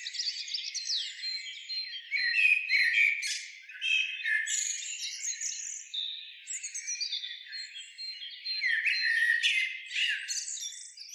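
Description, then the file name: Eurasian blackbird chattering continuously in rapid, squeaky, high-pitched notes, running on without a real break. "Turdus merula"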